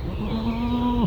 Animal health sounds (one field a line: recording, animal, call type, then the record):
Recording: contact call of a hoofed animal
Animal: goat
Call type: low-frequency (closed-mouth) or high-frequency (open-mouth) call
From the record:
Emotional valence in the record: negative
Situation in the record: short social isolation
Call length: 1.07 s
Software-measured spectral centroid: 1520 Hz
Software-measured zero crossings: 790 a second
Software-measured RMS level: -24 dBFS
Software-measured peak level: -11 dBFS